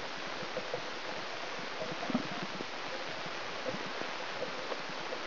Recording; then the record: brain microelectrode recording played as sound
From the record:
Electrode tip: outside the subthalamic nucleus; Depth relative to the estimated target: 1.5 mm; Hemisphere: left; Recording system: AlphaMap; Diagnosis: Parkinson's disease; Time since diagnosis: 20 years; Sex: female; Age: 65 years